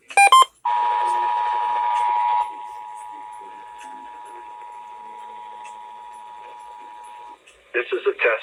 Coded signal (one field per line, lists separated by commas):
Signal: Emergency Alert System (SAME) tones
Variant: 853 and 960 Hz attention tone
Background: speech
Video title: MARCH CHANGES TAKE EFFECT! EAS Tests from April 2023